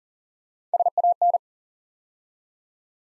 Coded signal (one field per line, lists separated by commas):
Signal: Morse code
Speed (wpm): 39 wpm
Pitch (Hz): 700 Hz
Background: none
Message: SAN